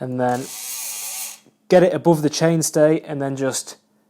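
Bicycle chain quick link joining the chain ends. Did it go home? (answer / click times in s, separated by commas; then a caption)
no / none. Someone talks while working on a bicycle chain quick link that joins the chain ends on a relatively new chain, with the SRAM XO1 AXS rear derailleur engaged and the chain lifted above the chainstay. A steady broadband hiss is heard from about 0.5 to 1.4 seconds, followed by a short pause and then more talking. The quick link has not yet snapped into place; nothing has seated yet.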